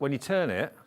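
A multi-part craft stencil's rotating element is handled in its stencil plate while someone talks. Nothing has locked into place or clicked yet.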